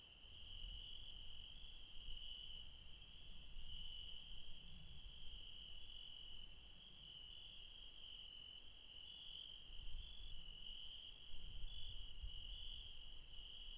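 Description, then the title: Insects: a steady, shrill trilling chorus, unbroken throughout, with bursts of low rumble. Late night insects in the mountains at Refuge Krevatia near Dion, Greece. "Refuge Krevatia, Μπαρμπαλά, Dion 601 00, Greece - Late night mountain insects"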